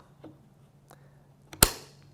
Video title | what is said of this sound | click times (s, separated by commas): LIFEPAK 15 Introduction and Overview | depress the battery until it clicks and it's locked in again you'll notice the blinking green light | 1.6 s